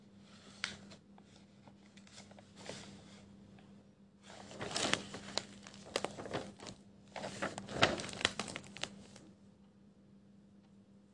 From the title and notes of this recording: (NO MUSIC) Pencil ASMR, quiet space, page flipping, scribbles etc.